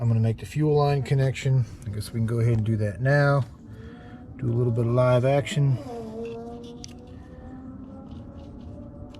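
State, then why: Not seated. A fuel line quick connector is being handled for connection onto the engine fuel rail fitting of a 2009 Hemi 1500 TRX4 build. Someone talks while handling it, followed by quieter rustling and a couple of brief, faint sounds. Nothing has seated or clicked yet.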